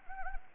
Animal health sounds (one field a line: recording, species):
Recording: mosquito wingbeat signal from an infrared sensor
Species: Anopheles arabiensis